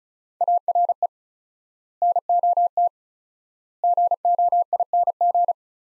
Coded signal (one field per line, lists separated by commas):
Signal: Morse code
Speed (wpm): 36 wpm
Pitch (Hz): 700 Hz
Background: none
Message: ARE NOT GOING